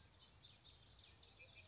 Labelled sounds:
Common Yellowthroat (Geothlypis trichas)
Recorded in Sonoma County, California

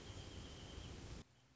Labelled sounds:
Wrentit (Chamaea fasciata)
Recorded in Sonoma County, California

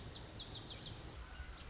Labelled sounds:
Lazuli Bunting (Passerina amoena)
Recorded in Sonoma County, California

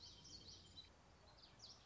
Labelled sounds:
Common Yellowthroat (Geothlypis trichas)
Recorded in Sonoma County, California

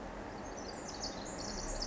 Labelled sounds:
Pacific Wren (Troglodytes pacificus)
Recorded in Sonoma County, California

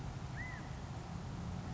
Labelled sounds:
California Quail (Callipepla californica)
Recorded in Sonoma County, California

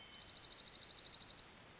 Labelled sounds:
Dark-eyed Junco (Junco hyemalis)
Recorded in Sonoma County, California

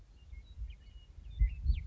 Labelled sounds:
Western Meadowlark (Sturnella neglecta)
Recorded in Sonoma County, California

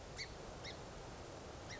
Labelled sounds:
Song Sparrow (Melospiza melodia)
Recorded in Sonoma County, California

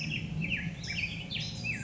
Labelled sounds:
Black-headed Grosbeak (Pheucticus melanocephalus)
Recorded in Sonoma County, California

